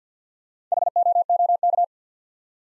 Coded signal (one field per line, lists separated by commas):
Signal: Morse code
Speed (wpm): 50 wpm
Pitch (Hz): 700 Hz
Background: none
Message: HOOK